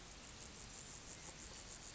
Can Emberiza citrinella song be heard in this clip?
no